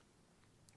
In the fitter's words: well it locks into place there, so that's nice.